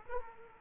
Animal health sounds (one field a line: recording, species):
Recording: mosquito wingbeat signal from an infrared sensor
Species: Aedes aegypti